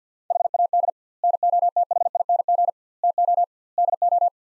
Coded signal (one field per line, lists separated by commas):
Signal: Morse code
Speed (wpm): 50 wpm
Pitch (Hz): 700 Hz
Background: none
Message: HAD NOTHING TO DO